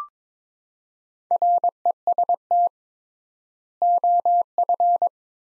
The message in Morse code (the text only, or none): REST OF